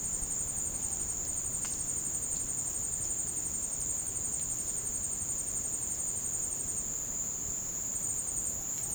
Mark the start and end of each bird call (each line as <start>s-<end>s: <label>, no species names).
8.33s-8.94s: bird call